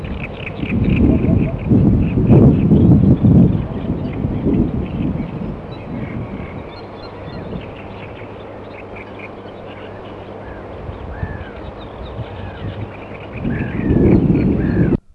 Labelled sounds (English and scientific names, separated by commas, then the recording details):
Great Bittern (Botaurus stellaris)
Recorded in the wild
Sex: male
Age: adult
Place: Hähnichen, Teichgebiet Niederspree, Sachsen, DE
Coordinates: 51.3864, 14.8831
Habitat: pond
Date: 1954-05-01
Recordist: Meyer, Hugo